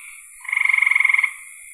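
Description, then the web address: Frog giving a brief rapid pulsed trill lasting under a second, over a fainter continuous background and a steady hiss. "cn frogs"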